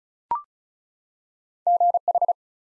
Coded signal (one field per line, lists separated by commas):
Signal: Morse code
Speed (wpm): 36 wpm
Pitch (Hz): 700 Hz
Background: none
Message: GH